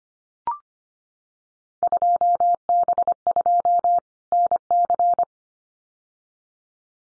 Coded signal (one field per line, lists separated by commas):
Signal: Morse code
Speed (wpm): 25 wpm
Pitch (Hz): 700 Hz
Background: none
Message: 2B2 NC